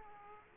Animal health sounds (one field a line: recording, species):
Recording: mosquito wingbeat signal from an infrared sensor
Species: Aedes aegypti